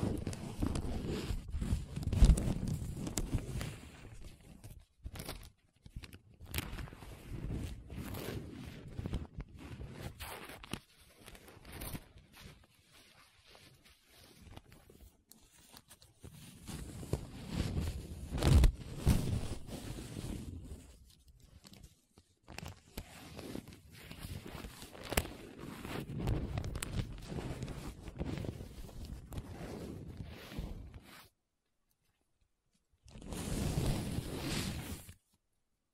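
Paper being rubbed and scratched in uneven bursts, with a rough, rustling texture weighted toward the low end. Louder passages come around 0–5, 17–20 and 24–29 seconds, separated by quieter stretches and brief gaps. A final short burst follows near-silence around 33 seconds.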